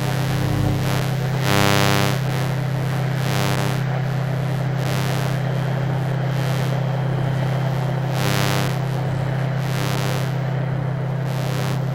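A recording of electromagnetic fields from a modem, server, gas boiler and light fittings: a constant low electrical hum with a thick band of buzzing tones. Over it, bright hissy bursts and crackles pulse irregularly every second or so, with denser chattering stretches near the start and around eight seconds.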